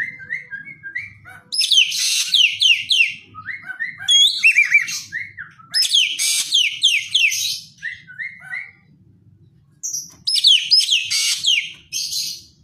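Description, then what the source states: Javan green magpie song: lively phrases of descending high whistles mixed with lower clipped notes, repeated in several bursts. Described as gacor, meaning singing vigorously.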